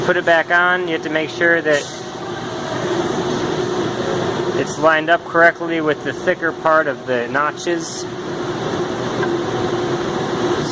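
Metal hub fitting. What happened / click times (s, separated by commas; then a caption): Part lined up by hand, no seating click yet / none. A removable steering wheel is lined up with the thicker part of the notches on its quick-release hub in a small race car, ready to slide back on. Someone talks over a steady mechanical hum like a fan or air conditioning. Nothing has seated or clicked yet.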